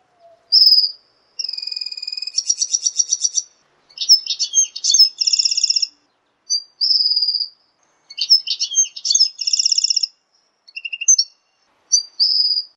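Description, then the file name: Red siskin x canary hybrid giving clear whistled notes mixed with short bursts of rapid high trills, separated by brief pauses throughout. "hibrid red siskin x kenari omkicau"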